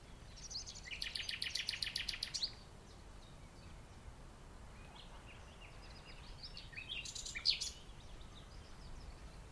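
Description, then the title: Common nightingale song: a rapid rattling burst of repeated notes for about two seconds, then a varied phrase after a pause, with steady low background noise. In the dunes of The Hague, morning of 12 May 2021, recorded during a lockdown walk. "Nightingale and joggers in the dunes (The Hague, May 12th 2021)"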